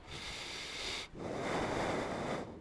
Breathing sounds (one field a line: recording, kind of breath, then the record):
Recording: one breath in and out by a microphone near the nose and mouth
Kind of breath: deep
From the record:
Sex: male